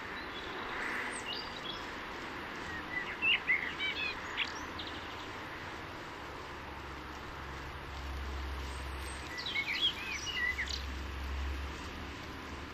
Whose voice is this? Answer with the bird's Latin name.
Turdus merula